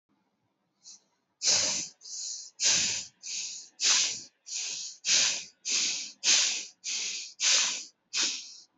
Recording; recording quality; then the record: shallow breathing; excellent, no background noise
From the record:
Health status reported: recovered from COVID-19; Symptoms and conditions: breathing difficulty, fever, fatigue, muscle pain, asthma, pneumonia, hypertension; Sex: female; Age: 49 years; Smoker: not ticked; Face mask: not worn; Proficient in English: yes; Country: India